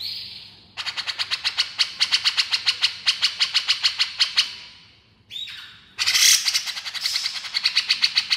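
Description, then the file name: Grey-cheeked bulbul giving long runs of harsh, rapid chattering notes, several per second, broken by a brief pause and a short buzzy burst before the chatter resumes. Female bird, described as gacor, meaning persistently vocal. "suara cucak jenggot betina gacor"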